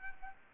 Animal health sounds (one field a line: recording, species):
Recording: mosquito wingbeat signal from an infrared sensor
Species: Aedes aegypti